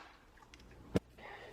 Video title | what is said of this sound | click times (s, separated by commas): How To Miata Center Console and Window Switch Removal! | You're going to want to put the back in first, and then once that clicks into place, you'll be able to push the front in. | 1.0 s